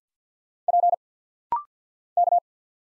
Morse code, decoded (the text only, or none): P K